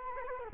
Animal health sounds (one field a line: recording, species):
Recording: mosquito wingbeat signal from an infrared sensor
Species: Culex quinquefasciatus